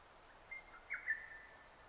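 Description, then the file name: Lesser cuckoo giving one brief whistled phrase, a thin opening note followed by a quick burst of choppy notes, with faint background hiss. Recorded 6 June 2009. "hototogisu 20090606"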